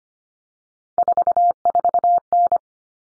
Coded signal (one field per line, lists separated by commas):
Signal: Morse code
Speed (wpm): 25 wpm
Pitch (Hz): 700 Hz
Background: none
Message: 44N